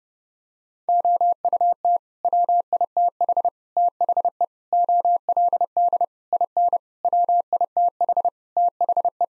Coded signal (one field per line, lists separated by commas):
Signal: Morse code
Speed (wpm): 30 wpm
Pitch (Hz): 700 Hz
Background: none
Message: OUT WITH THE OLD IN WITH THE